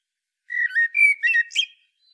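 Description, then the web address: Common blackbird producing one continuous phrase of low, liquid whistles that rise into a brief, squeaky flourish, then silence. "SETE data Turdus merula"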